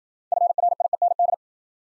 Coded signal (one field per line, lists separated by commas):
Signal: Morse code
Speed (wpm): 56 wpm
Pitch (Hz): 700 Hz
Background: none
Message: FRIEND